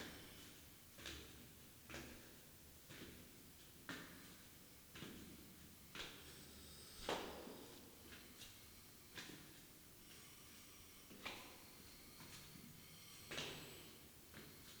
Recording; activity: daily activity, guitar pickup as the sensor; go downstairs